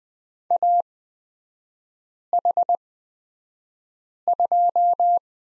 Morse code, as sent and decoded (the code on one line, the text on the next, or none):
.- .... ..---
AH2